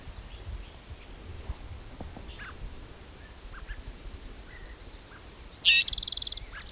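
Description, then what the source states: Spotted towhee song near the end: a short high introductory note followed by a fast buzzy trill, after faint scattered chirps and background rustle. Individual number 6, recorded 17 June 2010 at Blacks Creek Road, Elmore County, Idaho; songs counted aloud by the recordist.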